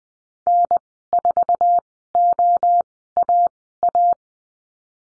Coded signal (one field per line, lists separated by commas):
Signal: Morse code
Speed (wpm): 19 wpm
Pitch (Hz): 700 Hz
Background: none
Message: N4OAA